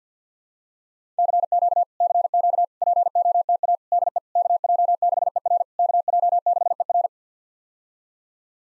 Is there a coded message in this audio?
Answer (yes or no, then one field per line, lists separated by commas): yes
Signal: Morse code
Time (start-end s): 1.2-7.1 s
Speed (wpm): 50 wpm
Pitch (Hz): 700 Hz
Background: none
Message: CQ CQ POTA DE KJ6ER KJ6ER